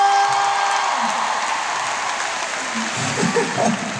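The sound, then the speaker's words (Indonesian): Steady, dense applause from a large crowd at a concert, a continuous wash of clapping that holds its loudness throughout, with a few faint voices and a brief tonal hum near the start. “Sekali lagi, tepuk tangan buat kalian semua malam hari ini.”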